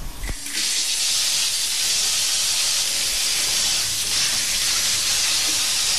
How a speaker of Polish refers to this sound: I idziemy teraz napuszczać wodę.